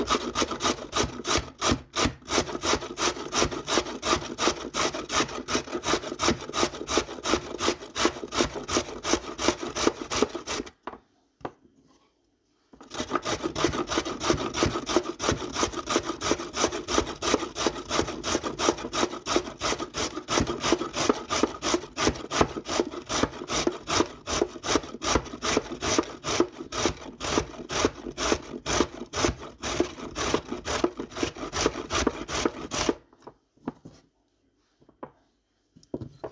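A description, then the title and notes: Fast, steady knife chopping on a wooden board runs in long bursts, pausing briefly near eleven seconds and thinning to scattered taps near the end. ASMR Cooking. I made an easy crayfish-soup. Chopping vegetables, frying onions, pouring water.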